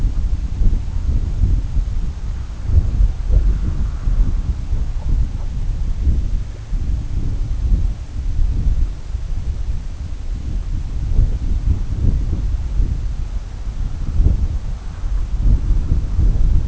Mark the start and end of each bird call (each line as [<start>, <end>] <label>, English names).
[5.27, 5.51] Brent Goose